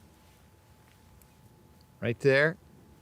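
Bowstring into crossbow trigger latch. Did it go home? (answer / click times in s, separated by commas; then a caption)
no / none. The bowstring of a TenPoint TRX 26 reverse-draw crossbow is cranked back toward the trigger latch. The sound is mostly quiet, with two faint brief ticks near 1.2 and 1.8 s, and someone talks briefly at about 2.0–2.6 s. The string has not yet latched into the trigger box, and nothing has clicked.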